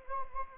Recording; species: mosquito wingbeat signal from an infrared sensor; Anopheles gambiae